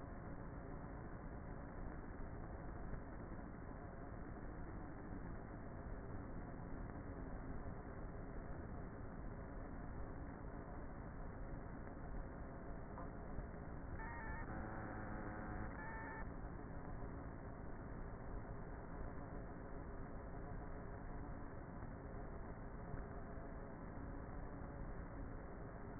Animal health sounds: honeybee colony, microphone inside the hive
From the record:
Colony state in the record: queenless with a low population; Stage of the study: before two queens were removed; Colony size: about 30,000 bees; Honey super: no

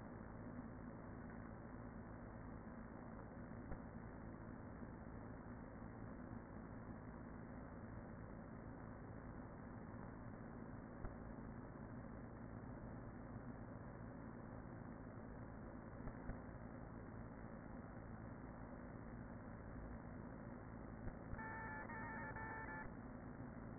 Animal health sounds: honeybee colony, microphone inside the hive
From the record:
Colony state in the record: queen present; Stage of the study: after two queens were removed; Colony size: about 40,000 bees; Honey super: no

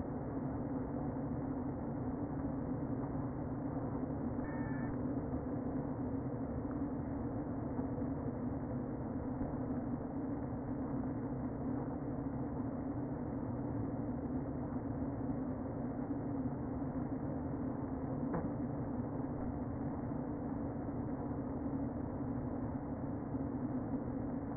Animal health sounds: honeybee colony, microphone inside the hive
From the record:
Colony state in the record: queen present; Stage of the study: before two queens were removed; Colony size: about 60,000 bees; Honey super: yes

